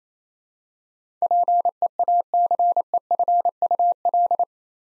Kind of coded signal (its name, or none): Morse code